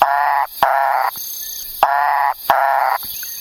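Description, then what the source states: Macaya burrowing frog calling: four loud, buzzy, nasal notes of about half a second each, in two pairs with a longer pause between the pairs, over a steady background hiss. Very froggy voice; never found before in this area; not on the survey team's list of frogs they hoped to find.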